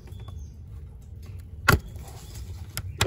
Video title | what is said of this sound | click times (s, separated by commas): FIX!!P0720 P0722 6r80 Ford Mustang transmission code OMG MY TRANNY FELL OUT ON THE ROAD!! | make sure you hear your clicks and boom all done | 1.7 s, 2.8 s, 3.0 s